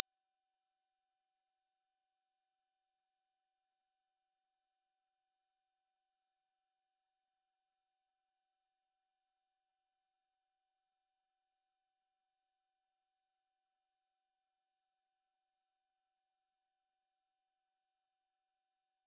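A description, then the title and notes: A pure sine tone at 5868 Hz holds steady for the full nineteen seconds, a thin, piercing, high whistle. The level never changes, with no pulsing, breaks or background sound, just the single unwavering pitch until it stops at the end. 5868 Hz 1 Hz Interval Sine Pure Tone Frequency 441000 Sample Mono.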